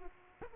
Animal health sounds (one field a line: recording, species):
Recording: mosquito wingbeat signal from an infrared sensor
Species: Aedes aegypti